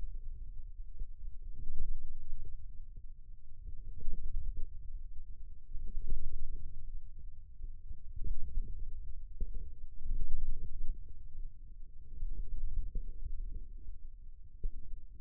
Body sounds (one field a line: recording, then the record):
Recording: forearm muscle sounds (acoustic myography)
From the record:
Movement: ulnar deviation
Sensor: system 2, bracelet of six BSWA MPA416 microphones around the upper forearm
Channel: 1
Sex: male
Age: 22 years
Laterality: right